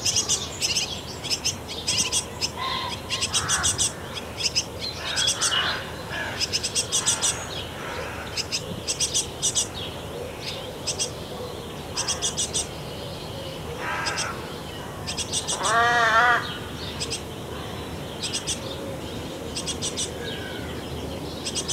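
Birds chirp busily around a nest box, with rapid high chick cries in frequent bursts and a louder wavering call near sixteen seconds.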